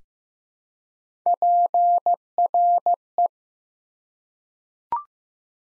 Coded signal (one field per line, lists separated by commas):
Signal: Morse code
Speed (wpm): 15 wpm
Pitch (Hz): 700 Hz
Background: none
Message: PRE